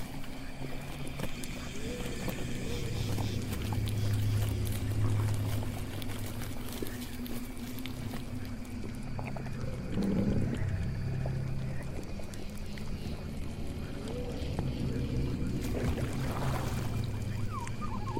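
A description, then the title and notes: Swamp ambience with a steady low hum running throughout, thickest in the bass. Scattered clicks, chirps and short calls break over it, with a brief louder low call near ten seconds and a brighter burst of chatter around sixteen seconds. Witch's swamp house asmr Ambience. Swamp ambience.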